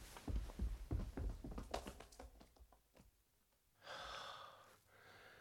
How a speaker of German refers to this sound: Schritte, ganz nah.